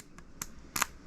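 A metal headband slider on a Harmonicdyne G200 headphone is moved along its carbon fiber yoke, stepping through detents with sharp, bright clicks at 0.4 s and 0.8 s and fainter ticks around 0.2 s and 1.1 s. The slider clicks and locks in place, and this production unit holds noticeably tighter than the pre-production one.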